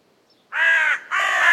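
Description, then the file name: Carrion crow uttering two harsh, drawn-out caws back to back after a moment of quiet. "Corvus corone"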